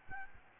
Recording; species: mosquito wingbeat signal from an infrared sensor; Aedes albopictus